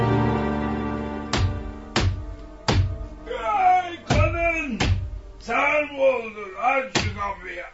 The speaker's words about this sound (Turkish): Evinden beri kapıyı çalıyorum. Uyuyor muydun yoksa?